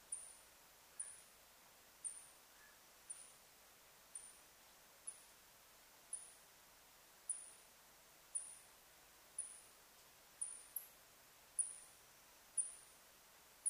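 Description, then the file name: Birdlike noctule calling: high, sharp downward chirps about once a second, once in a quick pair, over soft steady hiss. On 21 July 2009. "yamakoumori-20090721"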